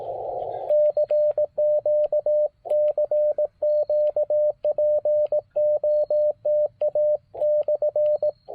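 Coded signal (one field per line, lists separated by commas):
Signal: Morse code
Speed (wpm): 18 wpm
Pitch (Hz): 600 Hz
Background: radio noise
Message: CQ CQ POTA/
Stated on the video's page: QRP field activation using a 40 meter EFHW antenna, with an Elecraft KX2 after Icom IC-703 Plus issues, later moving to 20 meters.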